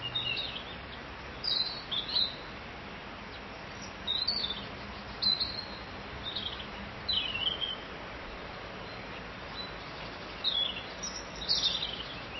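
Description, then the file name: Bird song in short high chirping bursts, each about half a second, repeated every one to three seconds over steady background hiss. "Vogel"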